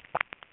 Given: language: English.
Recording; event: throat vibration sensor signal played as sound; swallow